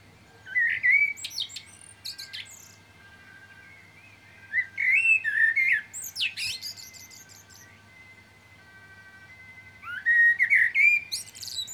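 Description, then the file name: Common blackbird song, three separate phrases of mellow fluted whistles, each ending in high scratchy twitters, with quiet pauses between them. "Turdus merula"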